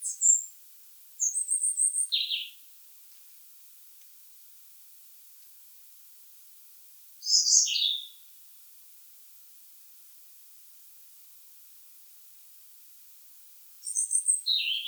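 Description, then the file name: European robin singing short, high, thin warbled phrases, several seconds apart with quiet gaps between them; no other clear sounds. "Erithacus rubecula"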